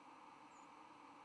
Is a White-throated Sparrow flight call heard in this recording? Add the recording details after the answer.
no. Another species' flight call is heard. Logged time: 05:05 on 10 November 2014